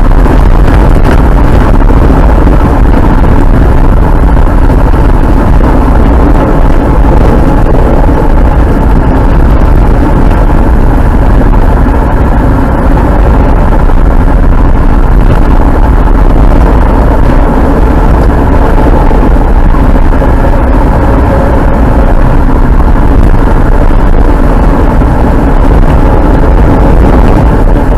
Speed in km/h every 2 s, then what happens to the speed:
73, 68, 64, 61, 60, 64, 66, 66, 65, 63, 64, 66, 66, 64.
0-7 slows to 60. 11-28 steady at about 65.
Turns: none.